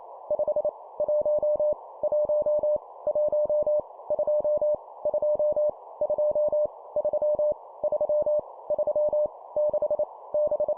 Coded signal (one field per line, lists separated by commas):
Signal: Morse code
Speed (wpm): 28 wpm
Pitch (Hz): 600 Hz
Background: none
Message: 5 1 1 1 2 2 2 3 3 3 6 B